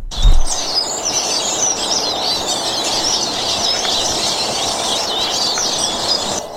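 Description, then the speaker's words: Eurasian Siskin song, a continuous twittering medley of high chirps and trills running throughout, over steady low rumbling background noise. Song, played on the radio. "Eh bien, nous écoutons tout de suite le chant du Tarin des Aulnes."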